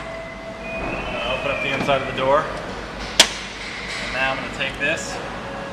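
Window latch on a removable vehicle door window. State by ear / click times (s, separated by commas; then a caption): not seated / none. An installer handles the latch on a removable Gen 2 vehicle door window panel, working from the inside of the door and getting ready to squeeze it, while someone talks. One sharp hit sounds at 3.2 s, mid-sentence. Nothing has seated or clicked into place yet.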